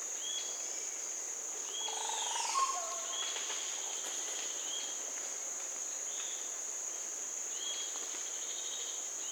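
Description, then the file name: Crested oropendola song: a sweeping downward gurgle into liquid, bubbling notes early on, over a steady high insect drone and repeated short whistles. "cacique crestado - psarocolius decumanus"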